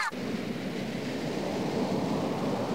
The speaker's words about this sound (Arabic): هذا هو البحر يا أحبائي، رائع بما أودع الله تعالى فيه من أسرار وجمال. إنه عالم جميل تعيش فيه مخلوقات بحرية متنوعة وجذابة.